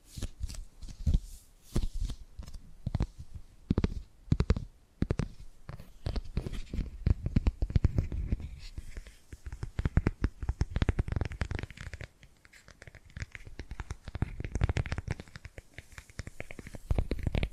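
Tapping and gripping sounds fill the recording, with dense, irregular taps and scratchy rubbing that come several times a second. The taps are sharp and clicky, while a low thumping rumble swells underneath, busiest around the middle and thinning briefly near twelve seconds.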